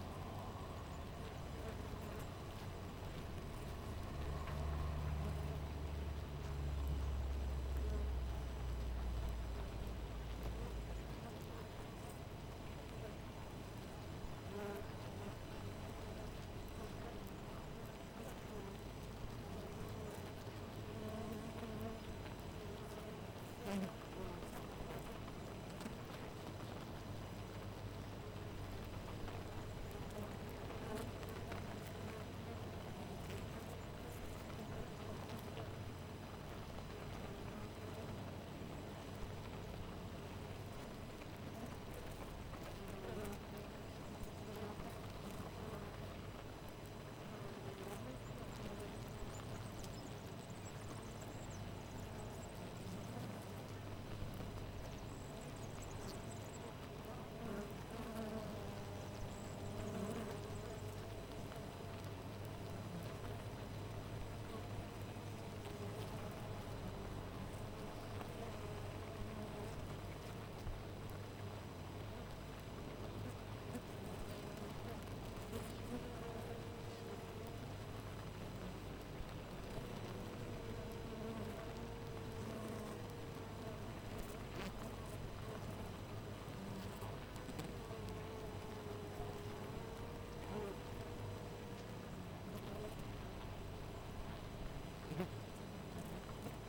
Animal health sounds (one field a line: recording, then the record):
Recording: honeybee colony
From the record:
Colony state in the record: missing queen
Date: 14 July 2017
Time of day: 5:10